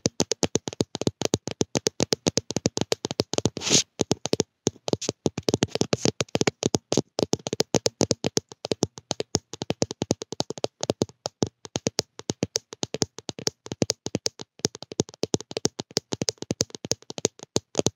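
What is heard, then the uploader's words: Rapid, uneven fingertip tapping on a camera body, dense clicks of varying loudness with brief pauses, dry. ASMR Lo-Fi Tapping On Camera.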